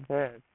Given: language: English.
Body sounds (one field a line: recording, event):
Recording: throat vibration sensor signal played as sound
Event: speech